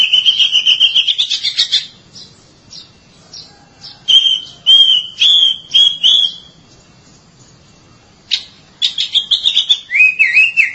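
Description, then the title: Oriental magpie-robin song: rapid buzzy trill, then a series of clear repeated whistled notes, later a fresh burst of varied chirps and wavering whistles. "Suara Kicauan Burung Kacer"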